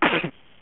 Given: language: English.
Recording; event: throat vibration sensor signal played as sound; cough